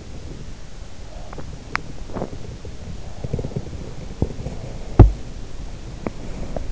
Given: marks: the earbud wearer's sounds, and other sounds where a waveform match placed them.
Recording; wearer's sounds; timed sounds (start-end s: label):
sounds in sleep by an in-ear microphone; teeth grinding
1.04-5.40 s: teeth grinding